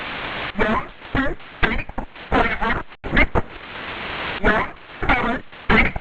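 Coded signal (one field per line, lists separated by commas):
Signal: numbers station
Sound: short spoken words at fairly even intervals through noisy shortwave hiss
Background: radio static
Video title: 5411kHz 7/26/26 20:00:00 UTC Possible G12 Number Station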